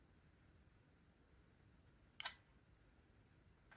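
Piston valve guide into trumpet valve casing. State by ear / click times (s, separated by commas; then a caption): seated / 2.2 s. A piston valve with a plastic valve guide is lowered into a trumpet valve casing until it stops, then gently twisted. In near silence, a small, sharp click sounds at 2.2 s as the guide drops into the casing groove, followed by a brief fainter tail. The valve is seated, with the guide aligned in the groove.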